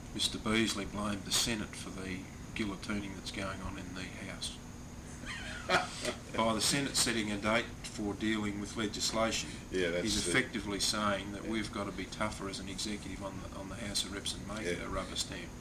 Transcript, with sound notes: Mr Beazley blamed the Senate for the guillotining that’s going on in the House… [laughs] …by the Senate setting a date for dealing with legislation, it’s effectively saying that we’ve got to be tougher as an executive on the House of Reps and may get a rubber stamp.